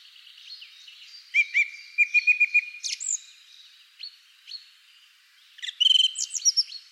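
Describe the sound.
Bird calls: a run of short, even, high piping notes, then scattered sharp chips and a clipped burst of higher notes near the end.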